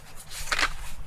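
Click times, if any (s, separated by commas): none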